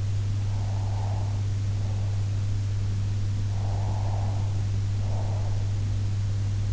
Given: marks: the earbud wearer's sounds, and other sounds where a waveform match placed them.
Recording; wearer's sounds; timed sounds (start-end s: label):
sounds in sleep by an in-ear microphone; breath
0.65-2.48 s: breath
3.54-5.91 s: breath